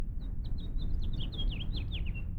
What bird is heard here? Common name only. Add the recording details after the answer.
House Finch. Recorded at Woodmere on Long Island, New York, on 11 June 1975. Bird E